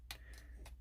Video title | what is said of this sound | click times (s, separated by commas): Transformers Siege Refraktor 3Pack Unboxing & Review | there see these pigs just ping on the top | 0.1 s